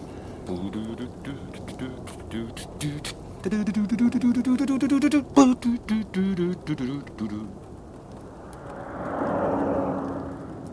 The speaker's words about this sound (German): Der hört sich schon weniger wie ein Oldtimer an. Das ist ein Rolls-Royce. Das ist er. Hält an.